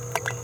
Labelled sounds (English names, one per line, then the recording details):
Green-rumped Parrotlet babbling
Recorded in a nest box in Venezuela
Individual 18B17A4